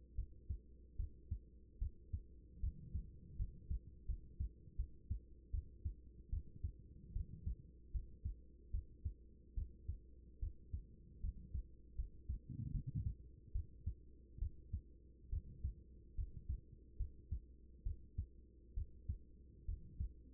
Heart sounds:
heart sounds by stethoscope; 74 bpm
0.15 s: heartbeat
0.96 s: heartbeat
1.78 s: heartbeat
2.60 s: heartbeat
3.36 s: heartbeat
4.06 s: heartbeat
4.76 s: heartbeat
5.51 s: heartbeat
6.29 s: heartbeat
7.12 s: heartbeat
7.91 s: heartbeat
8.71 s: heartbeat
9.54 s: heartbeat
10.39 s: heartbeat
11.20 s: heartbeat
11.95 s: heartbeat
12.71 s: heartbeat
13.52 s: heartbeat
14.38 s: heartbeat
15.29 s: heartbeat
16.15 s: heartbeat
16.97 s: heartbeat
17.83 s: heartbeat
18.74 s: heartbeat
19.65 s: heartbeat
From the record:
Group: healthy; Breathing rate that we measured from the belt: 14 breaths a minute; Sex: female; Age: 24 years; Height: 163 cm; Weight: 55.7 kg

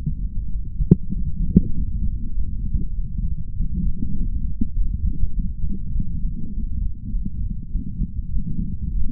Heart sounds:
heart sounds by stethoscope; 100 bpm
0.51 s: heartbeat
1.12 s: heartbeat
1.74 s: heartbeat
2.34 s: heartbeat
2.94 s: heartbeat
3.55 s: heartbeat
4.17 s: heartbeat
4.75 s: heartbeat
5.34 s: heartbeat
5.94 s: heartbeat
6.54 s: heartbeat
7.11 s: heartbeat
7.71 s: heartbeat
8.31 s: heartbeat
8.90 s: heartbeat
From the record:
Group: healthy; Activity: light exercise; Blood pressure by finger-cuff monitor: 102/56 mmHg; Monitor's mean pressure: 68 mmHg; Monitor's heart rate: 100 bpm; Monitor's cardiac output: 7.7 L/min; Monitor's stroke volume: 78 mL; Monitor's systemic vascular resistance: 630 dyn s/cm5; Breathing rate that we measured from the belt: 26 breaths a minute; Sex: male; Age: 22 years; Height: 181 cm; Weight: 60 kg

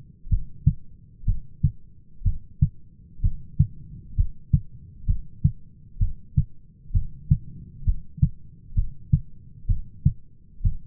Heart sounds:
heart sounds by stethoscope; 64 bpm
0.31 s: heartbeat
1.27 s: heartbeat
2.25 s: heartbeat
3.23 s: heartbeat
4.18 s: heartbeat
5.08 s: heartbeat
6.00 s: heartbeat
6.94 s: heartbeat
7.86 s: heartbeat
8.76 s: heartbeat
9.69 s: heartbeat
10.64 s: heartbeat
From the record:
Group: heart failure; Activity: rest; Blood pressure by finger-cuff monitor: 134/99 mmHg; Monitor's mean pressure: 112 mmHg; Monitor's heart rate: 63 bpm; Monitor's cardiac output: 5.7 L/min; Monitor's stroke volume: 89 mL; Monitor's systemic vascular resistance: 1450 dyn s/cm5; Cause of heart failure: idiopathic cardiomyopathy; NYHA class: 1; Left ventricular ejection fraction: 50%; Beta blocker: bisoprolol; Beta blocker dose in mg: 5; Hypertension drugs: candesartan, spironolactone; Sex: male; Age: 54 years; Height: 180 cm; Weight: 94.6 kg

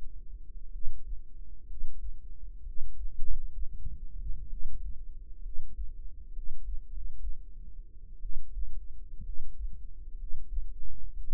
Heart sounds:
heart sounds by microphone in the right ear; 63 bpm
0.70 s: heartbeat
1.65 s: heartbeat
2.62 s: heartbeat
3.20 s: heartbeat
4.47 s: heartbeat
5.40 s: heartbeat
6.30 s: heartbeat
6.87 s: heartbeat
8.19 s: heartbeat
9.21 s: heartbeat
10.14 s: heartbeat
11.11 s: heartbeat
From the record:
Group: healthy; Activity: rest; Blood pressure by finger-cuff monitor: 105/67 mmHg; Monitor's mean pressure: 79 mmHg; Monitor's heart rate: 63 bpm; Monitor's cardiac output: 5.6 L/min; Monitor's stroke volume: 79 mL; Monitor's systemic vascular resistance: 1000 dyn s/cm5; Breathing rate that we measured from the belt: 17 breaths a minute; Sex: female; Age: 22 years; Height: 171 cm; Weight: 65.6 kg

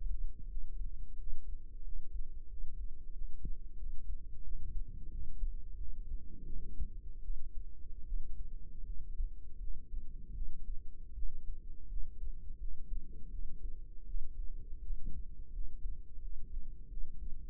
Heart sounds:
heart sounds by microphone in the right ear; 84 bpm
0.48 s: heartbeat
1.16 s: heartbeat
1.83 s: heartbeat
2.47 s: heartbeat
3.12 s: heartbeat
3.76 s: heartbeat
4.43 s: heartbeat
5.09 s: heartbeat
5.76 s: heartbeat
6.44 s: heartbeat
7.21 s: heartbeat
8.04 s: heartbeat
8.85 s: heartbeat
9.58 s: heartbeat
10.33 s: heartbeat
11.13 s: heartbeat
11.88 s: heartbeat
12.58 s: heartbeat
13.30 s: heartbeat
14.05 s: heartbeat
14.81 s: heartbeat
15.52 s: heartbeat
16.20 s: heartbeat
16.88 s: heartbeat
From the record:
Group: healthy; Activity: rest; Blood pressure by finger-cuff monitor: 89/46 mmHg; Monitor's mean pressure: 64 mmHg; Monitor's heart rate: 84 bpm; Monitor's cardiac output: 8.5 L/min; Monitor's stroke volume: 104 mL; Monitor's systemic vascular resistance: 540 dyn s/cm5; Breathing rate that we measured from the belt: 17 breaths a minute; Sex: female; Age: 22 years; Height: 161 cm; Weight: 65.5 kg

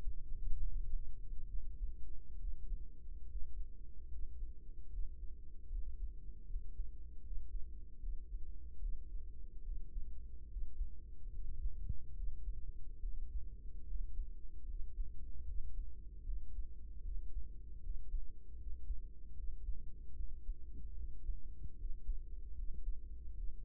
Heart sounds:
heart sounds by microphone in the right ear; 74 bpm
0.58 s: heartbeat
1.48 s: heartbeat
2.38 s: heartbeat
3.26 s: heartbeat
4.08 s: heartbeat
4.89 s: heartbeat
5.68 s: heartbeat
6.46 s: heartbeat
7.21 s: heartbeat
7.99 s: heartbeat
8.78 s: heartbeat
9.62 s: heartbeat
10.47 s: heartbeat
11.30 s: heartbeat
12.13 s: heartbeat
12.99 s: heartbeat
13.85 s: heartbeat
14.65 s: heartbeat
15.44 s: heartbeat
16.22 s: heartbeat
17.01 s: heartbeat
17.80 s: heartbeat
18.56 s: heartbeat
19.34 s: heartbeat
20.13 s: heartbeat
20.93 s: heartbeat
21.75 s: heartbeat
22.54 s: heartbeat
23.33 s: heartbeat
From the record:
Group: healthy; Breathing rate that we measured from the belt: 16 breaths a minute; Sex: male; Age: 35 years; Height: 178 cm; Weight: 64 kg

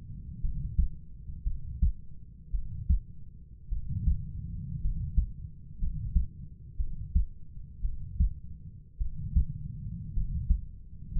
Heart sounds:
heart sounds by stethoscope; 56 bpm
0.41 s: heartbeat
1.44 s: heartbeat
2.51 s: heartbeat
3.69 s: heartbeat
4.81 s: heartbeat
5.79 s: heartbeat
6.77 s: heartbeat
7.82 s: heartbeat
8.98 s: heartbeat
10.14 s: heartbeat
11.12 s: heartbeat
From the record:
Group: healthy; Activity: rest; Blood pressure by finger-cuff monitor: 104/51 mmHg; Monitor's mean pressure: 64 mmHg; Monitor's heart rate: 56 bpm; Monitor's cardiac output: 5.1 L/min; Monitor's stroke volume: 92 mL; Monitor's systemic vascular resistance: 880 dyn s/cm5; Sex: male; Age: 25 years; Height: 170 cm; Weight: 70.4 kg

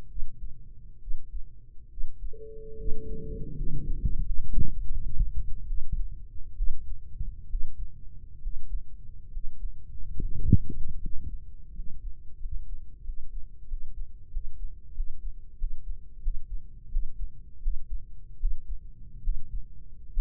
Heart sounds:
heart sounds by microphone in the right ear; 78 bpm
0.06 s: heartbeat
0.98 s: heartbeat
1.87 s: heartbeat
2.75 s: heartbeat
3.53 s: heartbeat
4.22 s: heartbeat
4.87 s: heartbeat
5.65 s: heartbeat
6.55 s: heartbeat
7.47 s: heartbeat
8.39 s: heartbeat
9.29 s: heartbeat
10.16 s: heartbeat
10.97 s: heartbeat
11.71 s: heartbeat
12.37 s: heartbeat
13.01 s: heartbeat
13.65 s: heartbeat
14.29 s: heartbeat
14.92 s: heartbeat
15.56 s: heartbeat
16.20 s: heartbeat
16.89 s: heartbeat
17.60 s: heartbeat
18.37 s: heartbeat
19.21 s: heartbeat
20.11 s: heartbeat
From the record:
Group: healthy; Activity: breath hold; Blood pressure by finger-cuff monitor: 103/66 mmHg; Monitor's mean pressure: 77 mmHg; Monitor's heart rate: 76 bpm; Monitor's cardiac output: 5.5 L/min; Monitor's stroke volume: 71 mL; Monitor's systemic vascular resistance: 1010 dyn s/cm5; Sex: female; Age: 23 years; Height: 160 cm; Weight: 50.4 kg

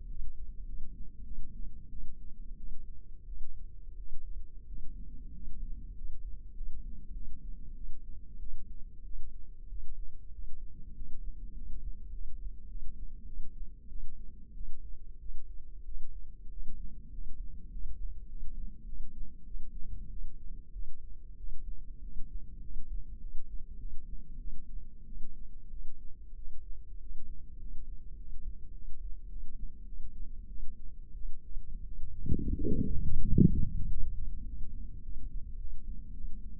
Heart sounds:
heart sounds by microphone in the left ear; 97 bpm
0.07 s: heartbeat
0.64 s: heartbeat
1.23 s: heartbeat
1.89 s: heartbeat
2.56 s: heartbeat
3.25 s: heartbeat
3.95 s: heartbeat
4.65 s: heartbeat
5.32 s: heartbeat
5.94 s: heartbeat
6.53 s: heartbeat
7.12 s: heartbeat
7.73 s: heartbeat
8.38 s: heartbeat
9.03 s: heartbeat
9.67 s: heartbeat
10.31 s: heartbeat
10.93 s: heartbeat
11.53 s: heartbeat
12.11 s: heartbeat
12.67 s: heartbeat
13.25 s: heartbeat
13.88 s: heartbeat
14.53 s: heartbeat
15.18 s: heartbeat
15.84 s: heartbeat
16.49 s: heartbeat
17.10 s: heartbeat
17.69 s: heartbeat
18.27 s: heartbeat
18.85 s: heartbeat
19.44 s: heartbeat
20.09 s: heartbeat
20.71 s: heartbeat
21.36 s: heartbeat
22.00 s: heartbeat
22.60 s: heartbeat
23.19 s: heartbeat
23.77 s: heartbeat
24.37 s: heartbeat
25.05 s: heartbeat
25.69 s: heartbeat
26.35 s: heartbeat
26.99 s: heartbeat
27.58 s: heartbeat
28.16 s: heartbeat
28.73 s: heartbeat
29.28 s: heartbeat
29.84 s: heartbeat
30.47 s: heartbeat
31.13 s: heartbeat
31.83 s: heartbeat
32.53 s: heartbeat
33.21 s: heartbeat
33.87 s: heartbeat
34.43 s: heartbeat
35.00 s: heartbeat
35.57 s: heartbeat
36.13 s: heartbeat
From the record:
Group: healthy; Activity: rest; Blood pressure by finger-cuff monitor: 103/72 mmHg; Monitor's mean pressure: 85 mmHg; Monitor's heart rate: 97 bpm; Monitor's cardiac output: 8 L/min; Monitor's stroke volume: 83 mL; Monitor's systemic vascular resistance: 790 dyn s/cm5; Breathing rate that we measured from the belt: 10 breaths a minute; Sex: female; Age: 19 years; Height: 163 cm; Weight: 51 kg

